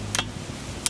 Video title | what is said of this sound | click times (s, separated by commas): Troy Bilt String Trimmer Review - GardenFork | This puppy clicks right in. | 0.2 s